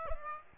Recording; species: mosquito wingbeat signal from an infrared sensor; Aedes aegypti